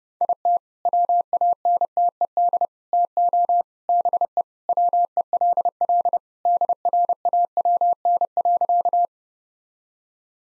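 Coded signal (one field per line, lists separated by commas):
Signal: Morse code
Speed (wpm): 30 wpm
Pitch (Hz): 700 Hz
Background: none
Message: IT WANTED TO BE WELL DRAWN.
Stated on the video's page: Morse practice set at 30 wpm.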